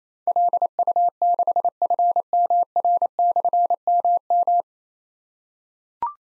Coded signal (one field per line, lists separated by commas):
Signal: Morse code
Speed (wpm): 27 wpm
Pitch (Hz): 700 Hz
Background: none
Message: LU6FMR/MM